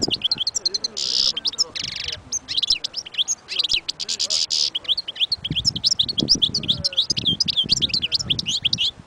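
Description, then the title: European goldfinch song: a rapid stream of tinkling twitters and wheezy buzzes running through the whole stretch. Wild bird. "اجمل غناءالحسون الخلويchant chardonneret sauvage collection"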